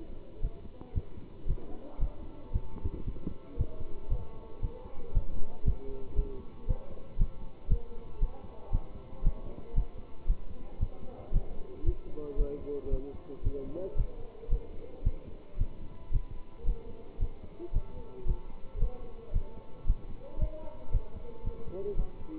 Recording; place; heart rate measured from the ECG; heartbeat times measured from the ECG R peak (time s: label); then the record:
heart sounds by stethoscope; between the tricuspid and mitral areas; 114 bpm
0.41 s: heartbeat
0.93 s: heartbeat
1.46 s: heartbeat
1.98 s: heartbeat
2.51 s: heartbeat
3.04 s: heartbeat
3.56 s: heartbeat
4.08 s: heartbeat
4.60 s: heartbeat
5.13 s: heartbeat
5.64 s: heartbeat
6.15 s: heartbeat
6.66 s: heartbeat
7.17 s: heartbeat
7.68 s: heartbeat
8.19 s: heartbeat
8.71 s: heartbeat
9.22 s: heartbeat
9.74 s: heartbeat
10.26 s: heartbeat
10.78 s: heartbeat
11.31 s: heartbeat
11.83 s: heartbeat
12.36 s: heartbeat
12.89 s: heartbeat
13.42 s: heartbeat
13.95 s: heartbeat
14.48 s: heartbeat
15.03 s: heartbeat
15.57 s: heartbeat
16.11 s: heartbeat
16.64 s: heartbeat
17.18 s: heartbeat
17.72 s: heartbeat
18.25 s: heartbeat
18.78 s: heartbeat
19.32 s: heartbeat
19.85 s: heartbeat
20.38 s: heartbeat
20.91 s: heartbeat
21.43 s: heartbeat
21.95 s: heartbeat
From the record:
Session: pedaling a stationary bicycle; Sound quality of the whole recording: good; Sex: male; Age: 27 years